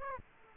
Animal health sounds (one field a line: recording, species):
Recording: mosquito wingbeat signal from an infrared sensor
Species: Culex quinquefasciatus